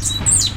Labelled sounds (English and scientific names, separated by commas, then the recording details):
Stitchbird (Notiomystis cincta) song
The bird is a male
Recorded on Tiritiri Matangi Island, New Zealand, in 2005
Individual 14, of nest box 20